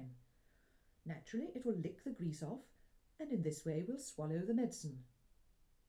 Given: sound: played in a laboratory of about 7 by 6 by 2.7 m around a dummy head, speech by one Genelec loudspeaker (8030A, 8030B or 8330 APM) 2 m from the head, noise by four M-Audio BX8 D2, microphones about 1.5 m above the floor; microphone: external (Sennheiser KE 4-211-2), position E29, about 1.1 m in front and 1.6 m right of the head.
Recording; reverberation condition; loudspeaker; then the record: female speech in English; low; 30 degrees to the right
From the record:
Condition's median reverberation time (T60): about 310 ms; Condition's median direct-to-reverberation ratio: about 3.5 dB